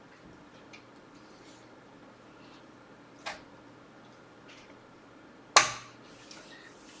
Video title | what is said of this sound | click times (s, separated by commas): 3080 Unboxing and Install | go till you hear the snap um it's already | 5.6 s